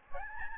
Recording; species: mosquito wingbeat signal from an infrared sensor; Aedes albopictus